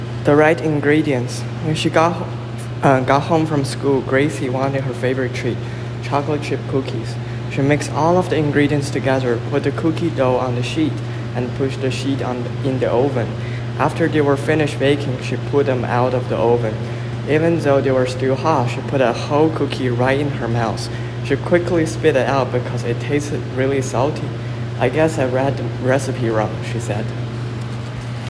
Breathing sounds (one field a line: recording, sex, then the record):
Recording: reading aloud after running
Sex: male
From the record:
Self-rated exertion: very hard exertion (5 of 6)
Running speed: 10 miles an hour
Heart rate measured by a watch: 119 beats a minute at the start, 110 at the end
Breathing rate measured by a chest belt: 18 breaths a minute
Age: 24 years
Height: 175 cm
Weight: 56 kg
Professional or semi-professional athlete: no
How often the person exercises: over 5 times a week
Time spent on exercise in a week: over 5 hours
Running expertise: yes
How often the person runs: over 5 times a week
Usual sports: running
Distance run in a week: 60 km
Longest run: 43 km